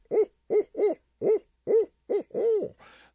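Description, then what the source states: Barred Owl greeting calls: about six short barking hoots in uneven rhythm, ending with a longer drawn-out hoot and a rough breathy tail. In fall, young and adult owls mix together and greet one another; the call becomes a greeting call, barked back and forth like maniacal laughter while the owls bob their heads.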